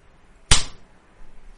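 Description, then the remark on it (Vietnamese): A single sharp, loud slap to the face strikes at once with a bright crack across the whole range, then fades quickly into quiet, leaving only faint low rumbling afterward. “Tiếng vang giòn truyền ra, Điền Thảo cho Tiết Hồ một cái tát vang dội”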